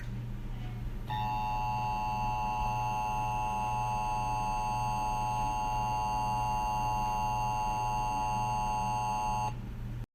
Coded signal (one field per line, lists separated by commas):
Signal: Emergency Alert System (SAME) tones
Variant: 853 and 960 Hz attention tone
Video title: EAS Scenario 2: EF6 (CREDITS TO ALL THE SOUNDS/VIDEOS I USED IN THE DESC)